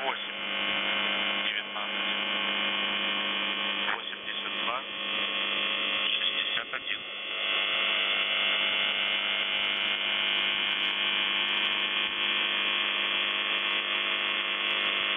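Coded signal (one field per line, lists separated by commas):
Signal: channel marker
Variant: UVB-76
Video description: "The Buzzer" is a Russian military radiostation that broadcasts on 4625 kHz.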